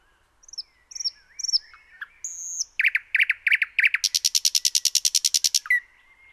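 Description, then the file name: Common nightingale phrase: downslurred high notes, a steady whistle, loud repeated chirps, then a long fast trill ending in a brief low note. "Luscinia megarhynchos 180914"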